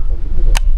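The cocking lever of a break-action air gun or shotgun is raised slowly after it still needed a little more, over a low steady hum. A single sharp click at 0.6 s marks the lever locking home, and the gun is then ready to fire.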